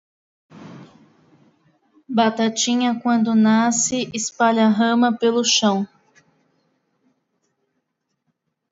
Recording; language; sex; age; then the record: short text; Brazilian Portuguese; female; 30 to 39 years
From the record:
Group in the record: control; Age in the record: 38 years